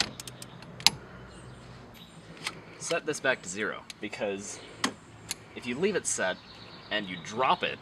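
A click-type torque wrench is pushed down to tighten the steering wheel nut on a car steering column, and a sharp loud click rings out at 0.9 seconds as it reaches its setting. Afterwards there are a few lighter ticks while someone talks and the wrench is set back to zero.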